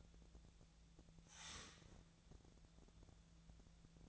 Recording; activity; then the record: daily activity, microphone in the room; start toaster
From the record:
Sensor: 3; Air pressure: 1000.2 hPa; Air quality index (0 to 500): 152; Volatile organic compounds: 3 ppm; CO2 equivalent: 1348 ppm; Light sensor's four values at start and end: 38/96/40/43 and 38/96/40/44